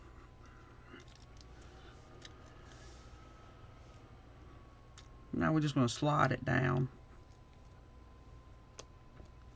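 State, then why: Seated. A bead is slid down a looped memory wire earring until it pops into its spot at the loop, with someone talking in the middle of the clip. Faint small ticks are heard early on. A sharp, short click at 8.8 s marks the bead seating in place.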